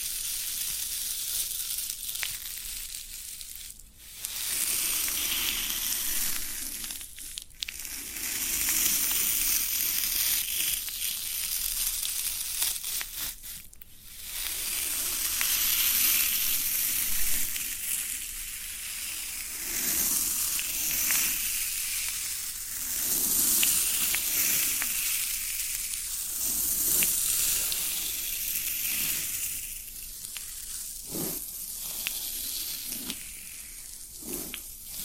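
Floral foam crackles and crunches in a dense, bright fizz, with brief quiet gaps near 4, 7 and 14 seconds and softer pulses later.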